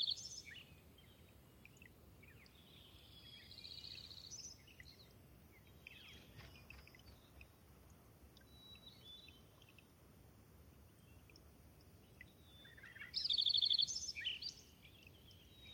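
A steady low wash of trickling water runs through the whole recording in a wet subalpine meadow. Birds chirp high above it now and then, near the start, around four seconds and midway, and a louder, rapid bird trill stands out at about thirteen seconds.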